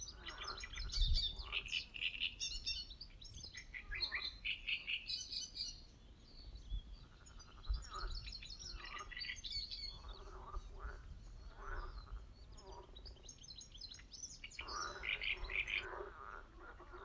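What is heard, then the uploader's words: Great reed warblers chatter in harsh, rapid bursts over a steady chorus of croaking frogs, with low rumbling thumps around one and eight seconds. Water birds (Great reed warbler) and frogs sounds at the very old pond. Reed birds and frogs spring sounds at the very old pond.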